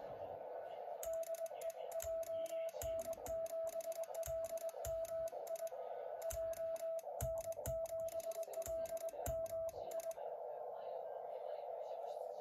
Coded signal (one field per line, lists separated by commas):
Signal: Morse code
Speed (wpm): 20 wpm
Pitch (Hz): 660 Hz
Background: speech, music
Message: DE JN7LMI JN7LMI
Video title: アマチュア無線初心者 モールス聴き取り練習#21 夜は3.5MHzで実践練習です!